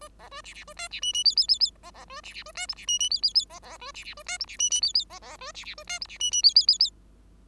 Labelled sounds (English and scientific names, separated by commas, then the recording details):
Bengalese Finch (Lonchura striata domestica) song
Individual Bird5